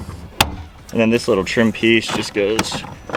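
An upper plastic trim panel on a Toyota Supra's B-pillar, aligned on the lower cross brace, is popped into place, giving a single sharp snap at 0.4 s. The panel is seated, and then someone talks.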